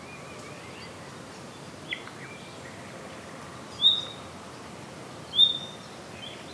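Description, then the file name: Common nightingale: two clear, short whistled notes about a second and a half apart, with a fainter note before them, over steady background hiss. "Luscinia megarhynchos"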